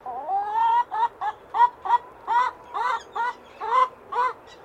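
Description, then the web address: Chicken clucking: a run of about ten short, nasal, harmonic notes, the first one drawn out and rising, the rest shorter. Berel breed chicken, clucking. "Sound Effects-Foundation 1 BIRD CHICKEN BEREL CLUCKING"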